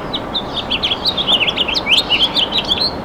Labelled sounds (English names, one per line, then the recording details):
House Finch song
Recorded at Westbury on Long Island, New York, on 27 May 2013
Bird A